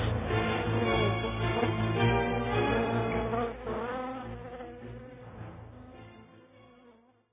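A mosquito buzzes in a steady, rich drone with a slightly wavering pitch, holding loud for several seconds before gradually fading out. No voices are heard.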